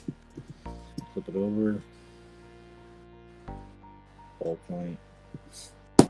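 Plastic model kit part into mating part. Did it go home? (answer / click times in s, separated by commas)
yes / 6.0 s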